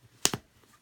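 A cloth diaper wing is pulled over and its plastic snap is pressed onto the fourth snap on that side of the diaper front. A sharp snap at 0.3 s is followed by a softer second tick about a tenth of a second later. The snap fastens.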